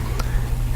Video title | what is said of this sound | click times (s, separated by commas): Unboxing A Personal Trimmer That I Bought On Amazon | now locked into place and if we turn it on and | 0.2 s